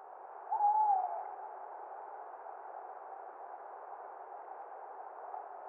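Tawny owl giving a single short hoot that falls slightly in pitch, followed by a steady hiss.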